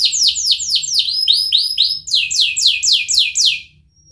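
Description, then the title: Atlantic canary song: brisk runs of bright, sweeping chirps, several per second, shifting pattern midway before stopping. Canary in full, lively song (gacor) with its best 'cengkok' phrasing and richly filled 'isian' song; from the songbird-keeping (kicaumania) hobby. "Kenari Gacor Cengkok Terbaik Isian Paling Mewah"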